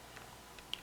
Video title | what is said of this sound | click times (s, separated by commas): KRAF Kamen Rider Zeztz Physicam Impact & CCC Kamen Rider Zeztz Physicam Set Double-Review | Until you hear the click. | 0.7 s